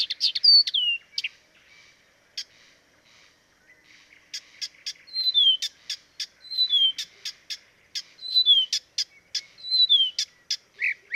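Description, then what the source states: Blyth's reed warbler song mixing high slurred whistles that fall in pitch with dry ticks and buzzy notes, delivered in uneven bursts. Dviete.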